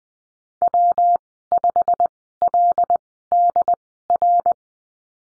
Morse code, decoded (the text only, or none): W5LDR